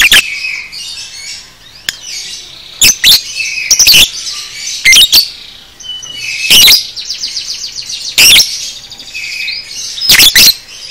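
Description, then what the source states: Lovebird chattering rapidly with frequent shrill shrieks and squeaky twitters, a busy, excited run of high-pitched calls throughout. Masteran (tutor) recording for training cage birds, aimed at 'paud' lovebirds.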